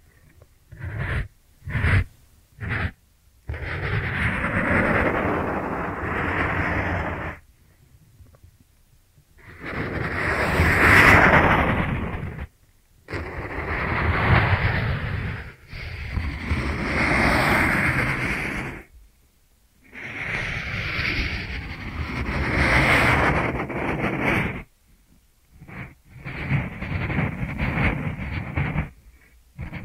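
Ear cleaning triggers: a few quick scratchy taps open the clip, then long stretches of dense, crackling rubbing and rustling, each lasting several seconds with brief silent pauses between. The scraping is rough and full, with rumbly lows and bright, hissy highs.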